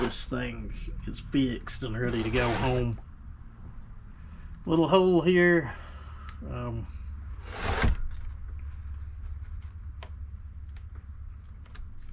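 During re-assembly of a Stihl MS311 chainsaw, a small component is handled and fitted toward its little hole in the saw housing while someone talks, with faint handling noises and a few light ticks near the end. Nothing has seated or clicked into place yet.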